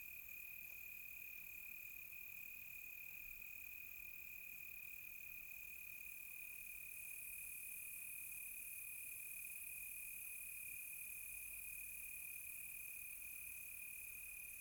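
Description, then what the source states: Crickets chirping in a steady, continuous high trill with a constant tone throughout and a brighter, higher shimmer joining halfway through. Close crickets on a quiet tropical night.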